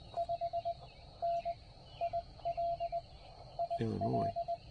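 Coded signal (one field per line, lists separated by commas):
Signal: Morse code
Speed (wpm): 19 wpm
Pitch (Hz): 690 Hz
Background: none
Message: 5N IL IL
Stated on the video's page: Parks on the Air activation, offered as call sign copy practice.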